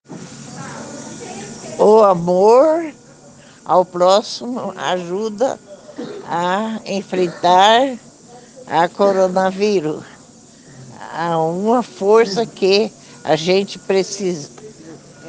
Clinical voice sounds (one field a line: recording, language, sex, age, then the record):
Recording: spoken sentence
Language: Brazilian Portuguese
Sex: female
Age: 70 to 79 years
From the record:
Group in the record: respiratory insufficiency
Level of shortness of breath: 5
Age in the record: 74 years